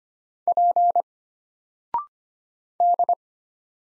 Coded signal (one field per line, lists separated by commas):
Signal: Morse code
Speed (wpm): 25 wpm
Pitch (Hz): 700 Hz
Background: none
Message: P D